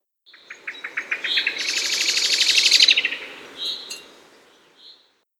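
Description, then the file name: Common blackbird chattering call: scattered clicks build into a fast, loud rattle of harsh notes, followed by a few softer chucks. "Turdus merula 131108"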